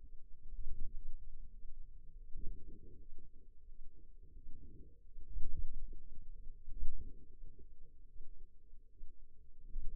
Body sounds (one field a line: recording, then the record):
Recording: forearm muscle sounds (acoustic myography)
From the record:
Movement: ulnar deviation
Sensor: system 2, bracelet of six BSWA MPA416 microphones around the upper forearm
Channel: 1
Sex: female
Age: 23 years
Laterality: right